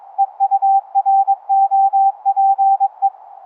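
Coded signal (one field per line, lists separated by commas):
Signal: Morse code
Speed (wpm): 22 wpm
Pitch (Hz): 790 Hz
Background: none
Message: EUROPE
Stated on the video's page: Live demo of 11 Hz ELF through-the-earth cave radio CW, straight key and keyer, upconverted to audible pitch, sound card SDR, ferrite rod antennas.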